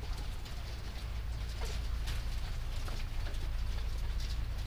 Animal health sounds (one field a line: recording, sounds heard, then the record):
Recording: poultry house recording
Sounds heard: sick chickens (respiratory disease)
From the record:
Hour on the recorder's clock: 2